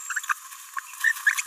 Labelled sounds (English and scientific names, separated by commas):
Green-rumped Parrotlet (Forpus passerinus) babbling